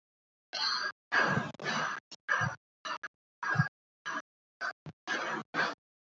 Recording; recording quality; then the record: shallow breathing; excellent, no background noise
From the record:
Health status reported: COVID-19 positive, mild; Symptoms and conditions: cold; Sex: female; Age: 23 years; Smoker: not ticked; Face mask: not worn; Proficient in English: no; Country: India